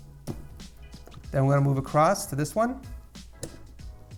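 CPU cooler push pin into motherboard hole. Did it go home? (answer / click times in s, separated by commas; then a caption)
yes / 3.4 s. A stock CPU cooler's plastic push pin is pressed down into its motherboard hole, part of pushing the pins one by one in a crisscross pattern. Someone talks over soft background music. The pin snaps into place with a sharp click at 3.4 s, seating the heatsink.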